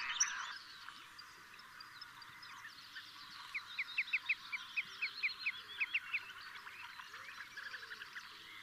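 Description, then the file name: Marsh sandpiper call notes: a loose series of quiet, short piping notes in the middle. "Dammsnappa"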